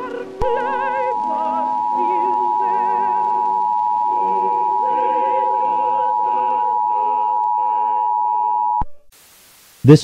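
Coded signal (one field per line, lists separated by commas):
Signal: Emergency Alert System (SAME) tones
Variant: 853 and 960 Hz attention tone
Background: music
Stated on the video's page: Custom fictional scenario.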